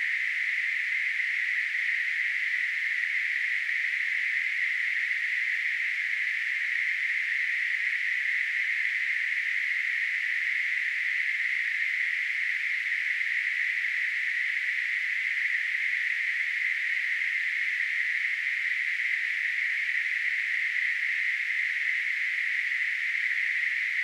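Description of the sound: Simulated tinnitus: a steady, continuous hiss concentrated in a narrow band around 2 kHz, unchanging in pitch and loudness throughout.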